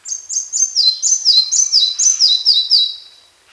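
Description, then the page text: Red-breasted flycatcher singing a rapid series of high, clear notes alternating between a higher and a lower pitch, about four a second, then fading. "Red-Breasted Flycatcher Song. Quick Sounds"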